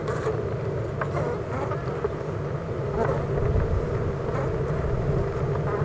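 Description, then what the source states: Honey bees droning continuously, the hum swelling slightly louder in the second half over a low rumble. Honey bee hive at Clara Vale, Gateshead, UK.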